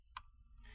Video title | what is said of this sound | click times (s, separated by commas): 2005-09 Ford Mustang 4.0L - Delta Force Performance Air Intake 615172 | We're going to push until you hear it click. | 0.2 s